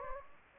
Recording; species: mosquito wingbeat signal from an infrared sensor; Anopheles gambiae